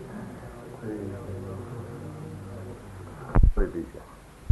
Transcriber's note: devotees chanting japa